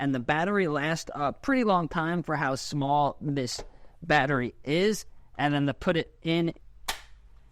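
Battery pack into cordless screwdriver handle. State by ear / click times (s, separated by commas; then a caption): seated / 6.9 s. A small lithium battery pack is pushed into the handle of a Milwaukee cordless screwdriver while someone talks. One sharp click at 6.9 s marks the pack snapping in and latching, seated.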